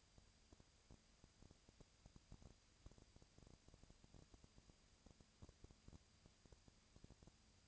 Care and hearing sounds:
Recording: daily activity, microphone in the room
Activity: no activity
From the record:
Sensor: 2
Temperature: 20.1 degrees Celsius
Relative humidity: 35.5%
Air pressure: 997.0 hPa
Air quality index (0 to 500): 197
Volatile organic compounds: 30 ppm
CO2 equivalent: 2958 ppm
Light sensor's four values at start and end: 2/3/2/2 and 2/3/2/2

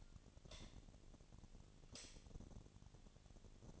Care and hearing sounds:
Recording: daily activity, microphone in the room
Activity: light on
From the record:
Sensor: 4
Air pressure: 1010.7 hPa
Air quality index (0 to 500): 171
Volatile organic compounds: 5 ppm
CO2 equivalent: 1738 ppm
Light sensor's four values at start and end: 38/110/44/45 and 39/111/44/45

